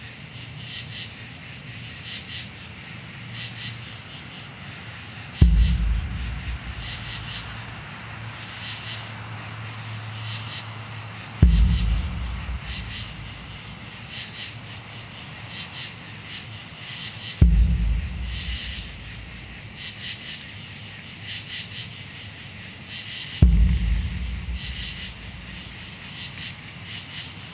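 Bugs or frogs sing steadily on a warm summer night, with a low thump about every six seconds and brief high chirps between.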